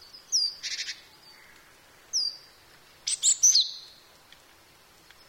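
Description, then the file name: Japanese tit giving thin high whistled notes and short buzzy rasping bursts, several separate phrases over a few seconds. "shijukara"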